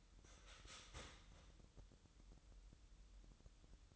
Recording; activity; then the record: daily activity, microphone in the room; start toaster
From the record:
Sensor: 3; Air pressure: 988.6 hPa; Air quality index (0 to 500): 195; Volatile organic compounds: 304 ppm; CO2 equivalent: 4490 ppm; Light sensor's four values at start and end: 23/72/30/26 and 23/72/30/26